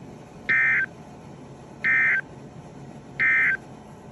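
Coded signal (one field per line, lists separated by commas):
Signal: Emergency Alert System (SAME) tones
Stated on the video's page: Severe storm and flash flood alerts from NOAA weather radio transmitters in Ohio, including a double header.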